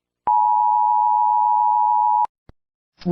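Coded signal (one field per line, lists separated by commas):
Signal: Emergency Alert System (SAME) tones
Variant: 853 and 960 Hz attention tone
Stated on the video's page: Mock, fictional EAS scenario for Tulsa.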